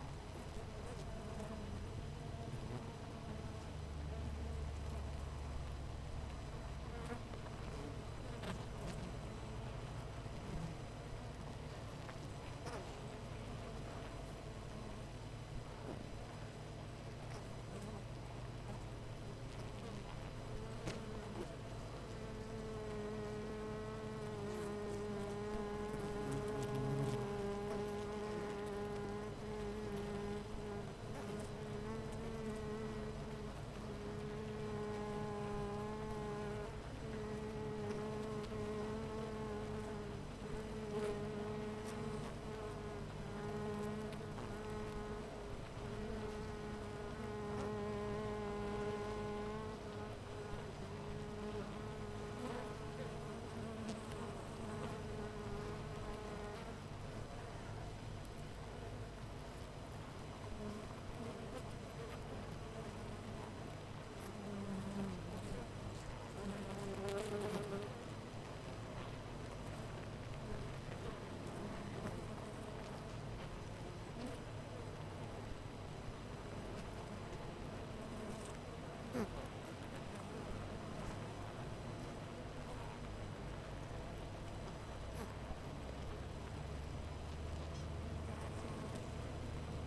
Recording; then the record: honeybee colony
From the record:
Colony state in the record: missing queen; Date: 14 July 2017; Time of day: 8:10